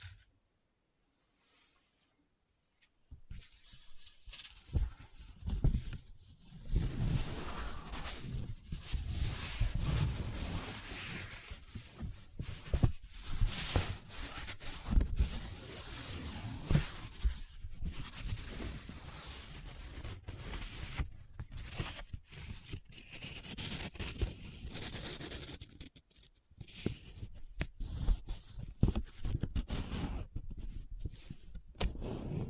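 Paper being handled up close: folding, rubbing and crinkling, with scratchy bursts that come and go. The first three seconds are nearly silent, then busy, uneven rustling runs almost continuously, broken by brief pauses around 6, 21 and 26 seconds.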